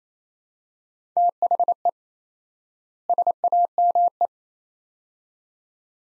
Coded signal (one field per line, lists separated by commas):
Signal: Morse code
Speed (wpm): 28 wpm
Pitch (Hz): 700 Hz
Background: none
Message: THE SAME